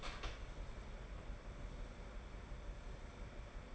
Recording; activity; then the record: daily activity, microphone in the room; open door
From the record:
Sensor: 5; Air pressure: 1015.3 hPa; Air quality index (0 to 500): 212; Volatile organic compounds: 11 ppm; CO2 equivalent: 2299 ppm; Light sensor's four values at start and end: 35/80/32/31 and 35/80/32/31